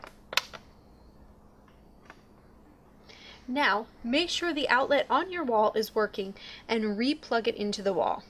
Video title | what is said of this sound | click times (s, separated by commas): 5 Best Electric Breast Pumps For Suction 2021 | next you will want to try re-plugging in your pump until you hear it click | 0.4 s